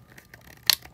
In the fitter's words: you'll hear it click when seated so we're good